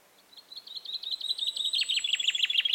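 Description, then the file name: Common chaffinch song starting with soft thin notes that build into loud, descending chipping phrases, cut off before any ending. "Fringilla coelebs"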